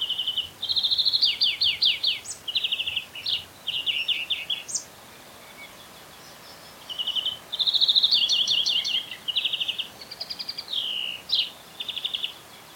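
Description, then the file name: European greenfinch twittering in bursts of fast, rattling trills and short ringing notes, phrases repeated with brief pauses throughout, over a quiet background. "Chloris chloris"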